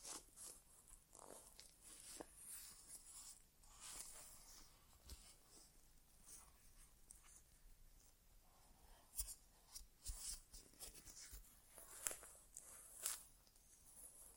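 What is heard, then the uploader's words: An ASMR inner ear exam: soft, hissy crackling and rustling, with irregular taps and brushing strokes throughout. Busy at the start, then calmer from about five to nine seconds, before sharper clicks and scratches return between nine and thirteen seconds. ASMR Inner Ear Exam (No Talking).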